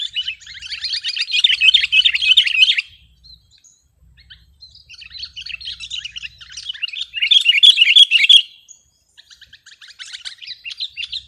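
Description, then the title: Sooty-headed bulbul song, long bursts of rapid, scratchy chattering notes, the first lasting about three seconds, a second longer burst after a pause, then a third starting near the end. "kutilang"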